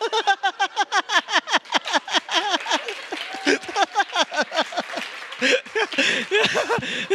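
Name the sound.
audience clapping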